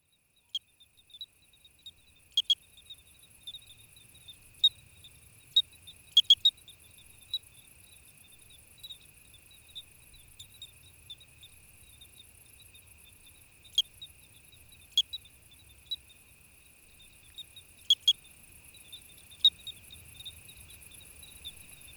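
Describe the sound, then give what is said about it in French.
A bell cricket's high, thin trill rings steadily at night, recorded at 21:30 on the Échandillois plateau at 1000 metres altitude, 18 degrees, broken by sharp bright clicks at irregular moments, with a faint low rumble underneath and no voices. “On peut par exemple écouter l'une des pièces les plus sobres qu'il ait publiée dans ce podcast, intitulée « Soirée au grillon clochette », où derrière l'apparente simplicité, il y a une très grande précision technique et auditive.”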